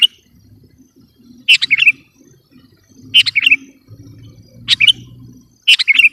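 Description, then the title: Sooty-headed bulbul song: several short bubbly phrases repeated every second or two, over a low humming background. "kutilang"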